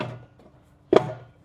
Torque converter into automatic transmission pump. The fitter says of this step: That's one. There we go. Two clicks.